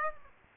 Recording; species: mosquito wingbeat signal from an infrared sensor; Aedes aegypti